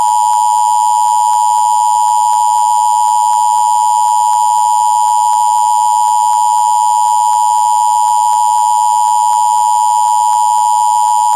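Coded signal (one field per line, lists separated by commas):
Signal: Emergency Alert System (SAME) tones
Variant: 853 and 960 Hz attention tone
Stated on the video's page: Mockup recreating the exact NOAA Weather Radio broadcast of a statewide tornado drill.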